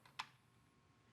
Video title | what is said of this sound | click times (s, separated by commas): Touch 'n Hold Smooth Storm/SecurityDoor Closer Kit | Just clicks, hear that? And it's in place. | 0.2 s